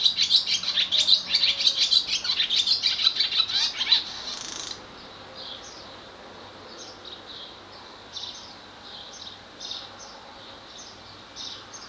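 Swallow calls: a dense burst of high twittering chirps for the first few seconds, then sparser soft chirps scattered through the rest.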